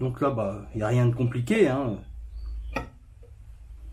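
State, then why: Seated. Someone talks while fitting an engine cover onto the engine housing and pushing it into place. Speech fills the first two seconds, then a single short, sharp click is heard at 2.8 s as the cover seats, followed by quiet. The cover is confirmed seated.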